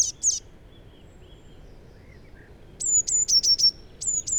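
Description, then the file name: Eurasian blue tit giving very high sharp notes, then a repeated run of thin descending chips with a sliding note, over quiet low background hiss. "Cyanistes caeruleus"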